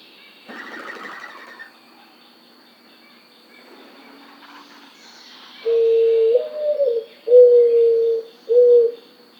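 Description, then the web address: Mourning dove cooing: a soft low coo sliding up into a longer note, then two steady hoots, after a brief rough burst of noise early on. Recorded on 14 June 2009. "Mourning Dove 2009 06 14"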